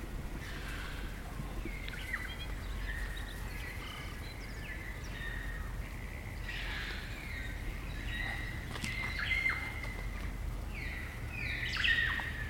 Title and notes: It's late spring at the Karori Sanctuary near Wellington, New Zealand and the kakas – a large species of parrot – are singing their eerie dusk chorus. BBC Countryfile Magazine's Sound Escapes. Recorded by Margaret Bartlett.